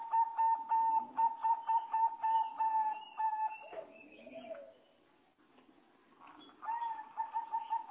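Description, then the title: Java sparrow song: a rapid string of pulsed notes on one pitch, a quieter interlude with lower slurred notes, then the pulsed series again. "kicau gelatik"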